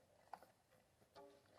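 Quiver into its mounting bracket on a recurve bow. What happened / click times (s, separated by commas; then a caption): The mount gave a single light click but did not fully seat / 0.3 s. A quiver is swung up into its mounting bracket on a Deerseeker 62 traditional recurve hunting bow, giving a small, sharp click at 0.3 s, followed by faint rustling and a brief ringing tone near 1.2 s. The quiver is only partly seated, with one side not in all the way.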